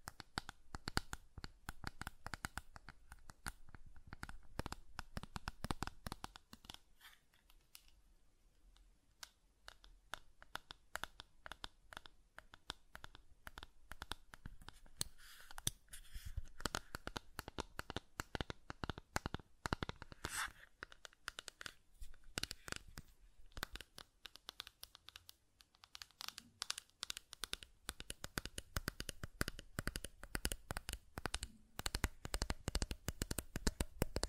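Rapid clicking and tapping of buttons, dense sharp clicks following one another in quick irregular runs. Activity thins out around 7 to 10 seconds and again near 20 and 25 seconds, then builds to a busier, louder stretch toward the end.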